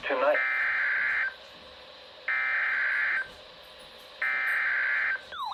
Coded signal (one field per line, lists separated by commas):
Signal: Emergency Alert System (SAME) tones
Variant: header bursts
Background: speech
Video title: Winter Storm Warning (3/21/19) (EAS 1353)